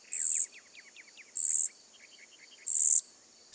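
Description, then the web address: Cedar Waxwing calls: three very high, thin, hissing buzzes, repeated about every 1.3 seconds, with fainter, lower twittering chirps between them. "BIRD NOTE. Cedar Waxwings"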